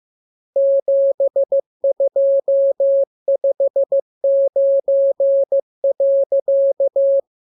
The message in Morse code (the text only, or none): 7259.